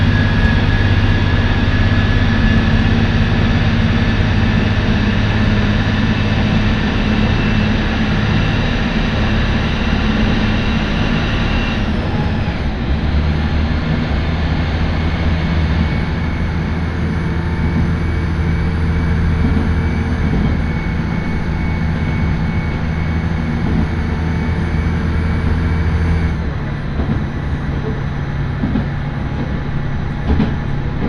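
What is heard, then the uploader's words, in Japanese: A Tarumi Railway train travels from Morera Gifu toward Tarumi, its steady low engine drone and rumble continuing throughout. The hum changes pitch and character around 12 seconds and again near 26 seconds, while the overall loudness stays even. 樽見鉄道 モレラ岐阜→樽見。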